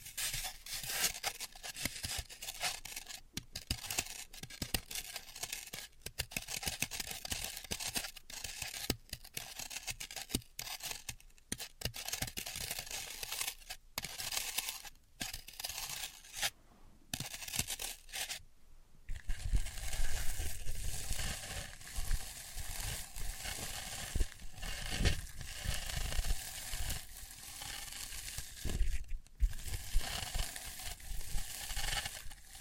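Floral foam is tapped, cut and crushed in a dense run of crackly, crunchy bursts, with brief silent gaps between clusters for the first nineteen seconds. After that the sound turns thicker and louder, a steadier wet crushing with fewer pauses until the end.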